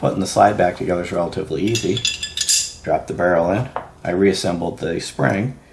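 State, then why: Not seated. During reassembly of a CZ 75 Compact 9mm pistol, the recoil spring assembly is handled and pushed toward its seat against the barrel inside the steel slide while someone talks throughout. Faint metallic handling noise sits under the speech, most clearly between about 2 and 3 seconds. Nothing has seated or clicked into place yet.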